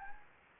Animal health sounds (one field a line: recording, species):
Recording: mosquito wingbeat signal from an infrared sensor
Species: Anopheles gambiae